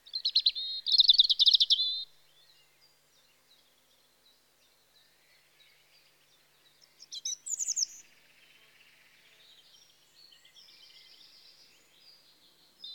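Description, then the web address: European robin song, a fast rich trill opening, a silent gap, then high thin notes and softer warbled fragments trailing off. Spring. "BBC Sound Effects Library (Birds) Robin (Erithacus Rubecula) Spring"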